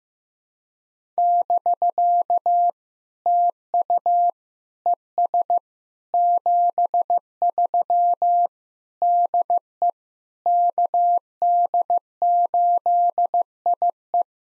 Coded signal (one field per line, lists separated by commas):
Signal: Morse code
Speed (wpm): 15 wpm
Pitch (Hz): 700 Hz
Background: none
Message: <BK> TU ES 73 DE KD8IE